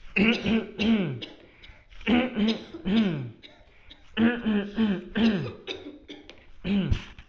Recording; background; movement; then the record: throat clearing; a bystander coughing; sitting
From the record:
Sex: male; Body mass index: 20.6 kg/m2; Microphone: on the chest, facing the body